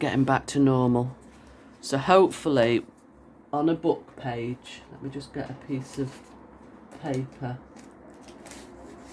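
Someone talks while handling a paper journal bellyband with a magnet closure, about to close it around a page so its two magnets meet. Only faint handling sounds follow the talk, with small bursts near 7.8 and 8.5 seconds. Nothing has snapped together or seated yet.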